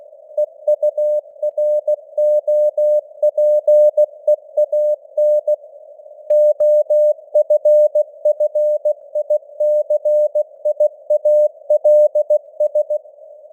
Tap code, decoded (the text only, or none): none